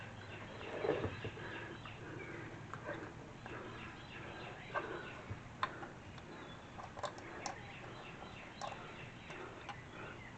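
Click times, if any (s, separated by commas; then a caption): none. A newly arrived air cleaner mounting part is pushed toward its slot on a motor home engine, where a pin is meant to fit a small hole. Brief handling knocks and taps are heard over steady low background noise. The part does not snap into place, and nothing has seated or clicked yet.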